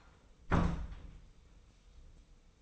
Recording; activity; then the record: daily activity, microphone in the room; close door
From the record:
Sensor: 1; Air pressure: 990.5 hPa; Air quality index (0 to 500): 156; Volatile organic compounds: 1000 ppm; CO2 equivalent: 5649 ppm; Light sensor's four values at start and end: 33/75/33/35 and 33/75/33/35